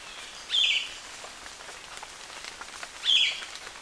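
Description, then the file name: Tongan megapode call: two short, bright, slightly falling notes about two and a half seconds apart, over a steady hiss with faint crackling. Calls recorded at dawn. "megpit cht aube"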